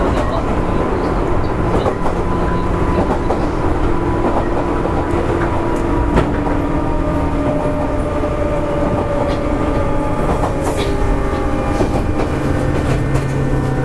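A JR West 201 series local train on the Yamatoji line running along with a steady low rumble. Thin motor tones hold and slowly shift in pitch, while scattered clicks and knocks from the rails break in, with a brighter squeal near eleven seconds.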